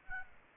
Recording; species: mosquito wingbeat signal from an infrared sensor; Aedes aegypti